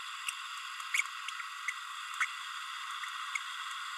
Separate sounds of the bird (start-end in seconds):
0.94-1.02, 2.20-2.25